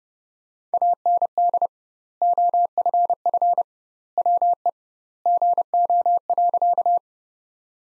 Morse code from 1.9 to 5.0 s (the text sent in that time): OFF WE